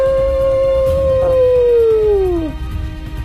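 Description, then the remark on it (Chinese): A single long wolf howl holds a steady, clear mid-pitched tone, then bends downward and fades out after about two and a half seconds, over a low rumbling background. “这个孤军奋战的男人眼神中透着无比的自信，将用那杆纤细的枪挑战狼群的洪流。嗷！”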